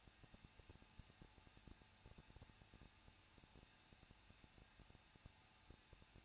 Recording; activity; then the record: daily activity, microphone in the room; no activity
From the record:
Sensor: 2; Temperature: 21.0 degrees Celsius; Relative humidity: 37.4%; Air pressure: 1006.2 hPa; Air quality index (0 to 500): 222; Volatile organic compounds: 24 ppm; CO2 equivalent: 2808 ppm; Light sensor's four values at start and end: 2/3/2/2 and 2/3/2/2